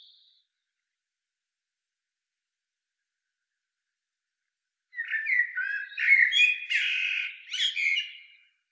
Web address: SETE Turdus merula